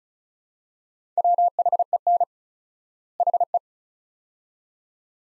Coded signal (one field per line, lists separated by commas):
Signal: Morse code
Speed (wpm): 34 wpm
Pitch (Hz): 700 Hz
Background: none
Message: WHEN HE